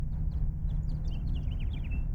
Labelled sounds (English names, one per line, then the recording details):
House Finch song
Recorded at Oceanside on Long Island, New York, on 17 June 1975
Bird D